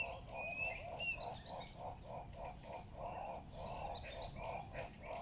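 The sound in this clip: Guinea turaco: hoarse low notes repeated in a rhythmic series, with scattered higher whistled notes in the background.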